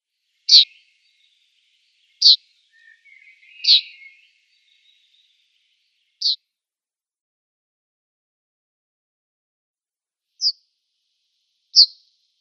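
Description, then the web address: Yellowhammer calls: short, sharp high ticks repeated at irregular gaps, with a soft, lower twittering between two of them, over a quiet background. "Schulze Peter Yellowhammer calls"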